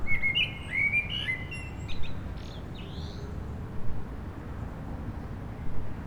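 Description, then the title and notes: Common blackbird opening with a brief fluty phrase and high squeaky twitters, then only low traffic rumble for the rest. Blackbirds singing after sunset on a mild day, eve of the winter solstice, Rue Jacques Cartier, Aix-les-Bains, France, with urban traffic. "Rue Jacques Cartier, 73100 Aix-les-Bains, Auvergne-Rhône-Alpes, France - Merle du solstice. En cette douce journée les merles commencent à chanter après le coucher du soleil, passages d'avions, circulation urbaine demain c'est le solstice d'hiver"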